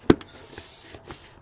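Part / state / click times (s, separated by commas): plastic engine cover onto engine top / not seated / none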